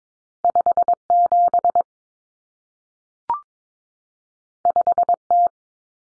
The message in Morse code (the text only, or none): 57 5T